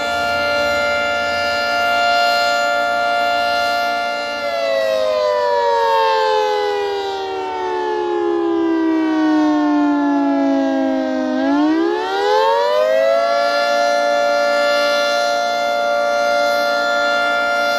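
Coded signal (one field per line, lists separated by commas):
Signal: siren signal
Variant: Federal Signal 3T22 siren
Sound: loud rich siren tone, holding, sliding slowly down in pitch, then quickly back up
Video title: Federal Signal 3T22 Weekly Pager/Siren Test - Attack - Middle Island, NY 8/2/2026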